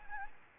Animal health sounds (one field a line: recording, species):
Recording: mosquito wingbeat signal from an infrared sensor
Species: Anopheles gambiae